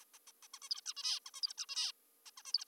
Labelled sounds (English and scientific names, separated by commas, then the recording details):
Zebra Finch (Taeniopygia guttata)
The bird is an adult
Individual g19o3U